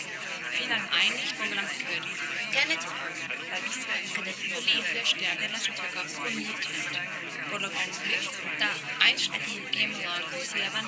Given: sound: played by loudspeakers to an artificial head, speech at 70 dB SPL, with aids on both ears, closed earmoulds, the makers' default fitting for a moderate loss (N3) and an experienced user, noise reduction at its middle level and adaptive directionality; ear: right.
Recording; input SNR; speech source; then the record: speech test signal (ISTS) in cocktail-party noise; -3 dB; in front (0 degrees)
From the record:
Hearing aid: class 2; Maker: G